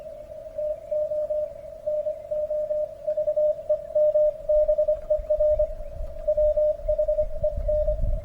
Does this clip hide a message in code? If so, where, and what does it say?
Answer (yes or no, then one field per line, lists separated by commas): yes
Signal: Morse code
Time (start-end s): 0.6-7.9 s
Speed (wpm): 25 wpm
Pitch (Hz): 610 Hz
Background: radio noise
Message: TO NOVEMBER WHEN